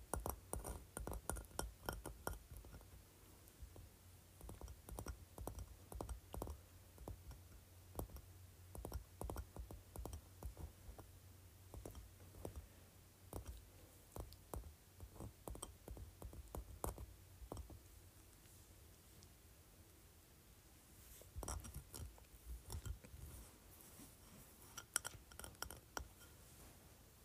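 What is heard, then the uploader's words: A large textured sea shell is handled, producing a dense run of dry clicks, taps and scraping rustles that come in irregular bursts. The activity is busiest at the start and again after about 21 seconds, with a sharp knock near 25 seconds. A low steady hum sits underneath for most of the clip. ASMR Large Textured Sea Shell.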